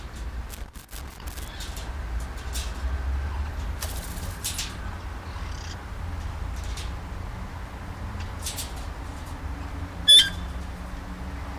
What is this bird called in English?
Black-headed Parrot